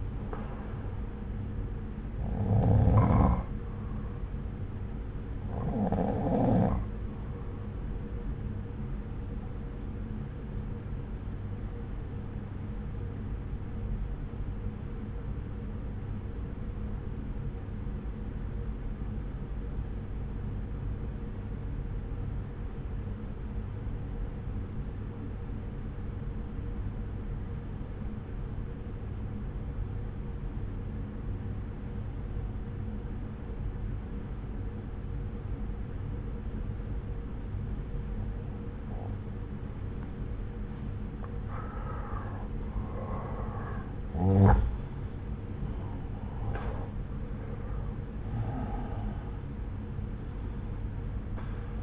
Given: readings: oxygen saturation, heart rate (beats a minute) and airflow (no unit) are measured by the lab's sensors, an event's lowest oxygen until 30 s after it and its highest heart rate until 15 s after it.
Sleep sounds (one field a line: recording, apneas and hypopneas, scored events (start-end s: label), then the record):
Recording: breathing in sleep by a smartphone at the bedside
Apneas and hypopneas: 1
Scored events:
14.00-42.00 s: obstructive apnea (N1, oxygen 95% highest, then 86% lowest)
17.00-47.00 s: new sleep stage, N2 (light sleep)
47.00-51.83 s: new sleep stage, N1 (lightest sleep)
From the record:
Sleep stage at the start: N1 (lightest sleep)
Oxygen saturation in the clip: 84 to 95%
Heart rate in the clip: 59 to 71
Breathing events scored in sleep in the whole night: 303 in 8.1 hours asleep